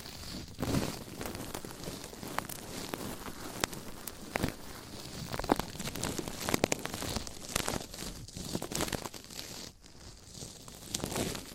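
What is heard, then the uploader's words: Ear scratching and brushing make a dense, continuous rustle of crinkly, papery scraping that runs through the whole twelve seconds. Sharp little clicks and taps break through irregularly, about every second or so, and the texture thins briefly near the ten-second mark. ASMR Massage Inside Your Ears Ear Scratching & Brushing. No Talking.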